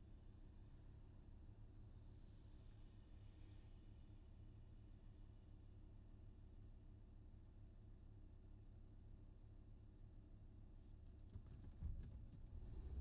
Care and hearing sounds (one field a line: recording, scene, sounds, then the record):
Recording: everyday scene through a hearing-aid microphone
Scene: in a vehicle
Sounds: engine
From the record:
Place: VW T5 Caravelle, diesel engine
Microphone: in the ear canal, left